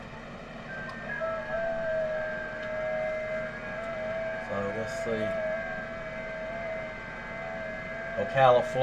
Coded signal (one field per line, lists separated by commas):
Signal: FT8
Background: speech